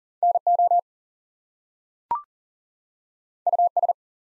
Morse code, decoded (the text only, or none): NO US